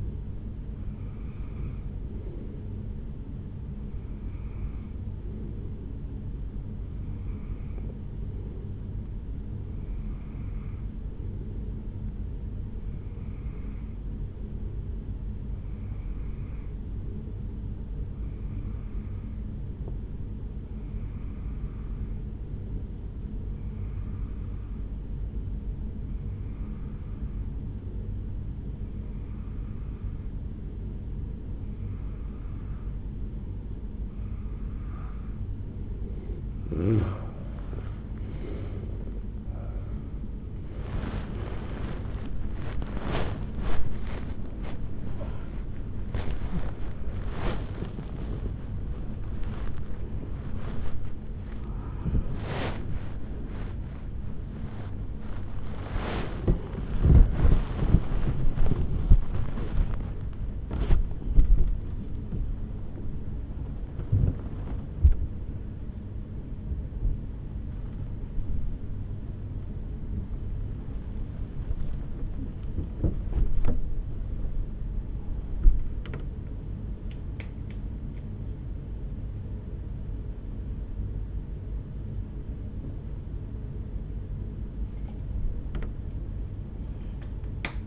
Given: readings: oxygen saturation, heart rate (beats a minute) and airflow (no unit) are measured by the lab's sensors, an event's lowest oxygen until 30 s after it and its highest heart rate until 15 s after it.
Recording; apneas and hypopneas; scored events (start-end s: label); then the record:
a person awake in a sleep study, by a smartphone at the bedside; 1
12.00-38.80 s: hypopnea (N1, oxygen 93% highest, then 87% lowest, heart rate 66 at the start, 83 highest)
38.00-87.87 s: new sleep stage, awake
42.00-87.87 s: awake
From the record:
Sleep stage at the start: N1 (lightest sleep); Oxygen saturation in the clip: 87 to 98%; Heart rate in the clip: 66 to 88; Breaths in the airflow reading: 27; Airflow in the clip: -9.7 to 9.4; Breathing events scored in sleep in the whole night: 449 in 7.0 hours asleep